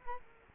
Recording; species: mosquito wingbeat signal from an infrared sensor; Culex quinquefasciatus